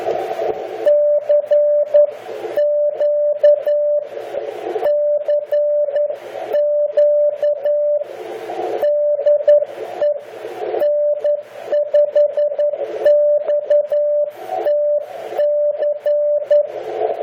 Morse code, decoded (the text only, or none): CQ CQ DE N5XTC